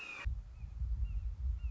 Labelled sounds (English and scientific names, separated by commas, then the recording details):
Red-shouldered Hawk (Buteo lineatus)
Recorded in Sonoma County, California